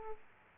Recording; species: mosquito wingbeat signal from an infrared sensor; Aedes aegypti